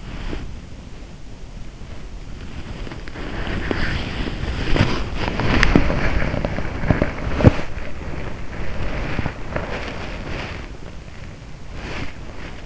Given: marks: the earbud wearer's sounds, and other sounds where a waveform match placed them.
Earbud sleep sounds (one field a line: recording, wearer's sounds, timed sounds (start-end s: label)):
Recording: sounds in sleep by an in-ear microphone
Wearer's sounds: body movement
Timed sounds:
0.00-12.66 s: body movement